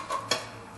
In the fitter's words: it's supposed to and it locks in place and then you just tuck your wiring in